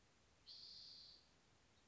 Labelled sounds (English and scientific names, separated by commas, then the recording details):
Spotted Towhee (Pipilo maculatus)
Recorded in Sonoma County, California